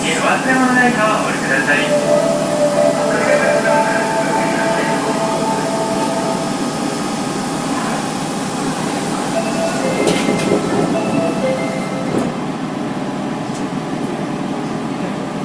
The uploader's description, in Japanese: 大阪市営地下鉄時代の今里筋線の全区間走行音